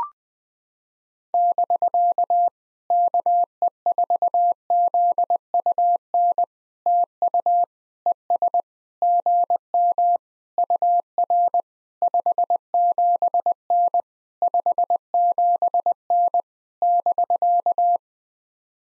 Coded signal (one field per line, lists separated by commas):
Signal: Morse code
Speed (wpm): 20 wpm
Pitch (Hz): 700 Hz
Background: none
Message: <BK> KE4ZUN TU ES GM UR 57N 57N <BK>